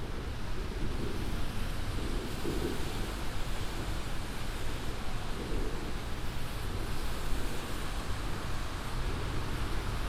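A binaural field recording made while traveling across the city, here a steady, dense roar like a moving vehicle or rushing air. A deep rumble sits underneath, with brief low swells near 2.5 and 6.5 seconds and no distinct separate events.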